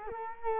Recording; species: mosquito wingbeat signal from an infrared sensor; Culex quinquefasciatus